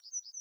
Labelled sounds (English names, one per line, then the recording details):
Yellowhammer song
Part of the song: start
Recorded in the Czech Republic on 12 July 2013
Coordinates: 50.722, 14.283
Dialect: BC
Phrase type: A68
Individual 316725